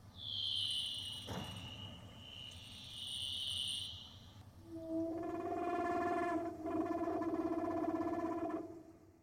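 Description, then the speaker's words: Leopard seal underwater calls: long steady tones, first high and whistled, then a lower droning trill with many harmonics held for several seconds. Several leopard seals recorded beneath the ice in Antarctica by passengers of a ship stuck in pack ice, walking on the ice. "What you're listening to now are the sounds of leopard seals beneath the ice that passengers made while they were wandering."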